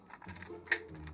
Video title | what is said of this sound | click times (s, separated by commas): Agora Models Optimus Prime (Part 5): EmGo Builds Stuff | that doesn't need any glue at all that snaps right in that is not that's not moving that | 0.7 s